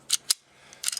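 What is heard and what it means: A metal slide and new extended barrel are handled on the frame of a Phoenix Arms HP-22 small .22 pistol after a barrel swap, as the barrel is dropped in and rocked down and the slide is run forward to lock into place. Short, bright metallic clacks sound at about 0.1 s, 0.3 s and 0.9 s with quiet handling in between. Nothing has seated or locked into place yet.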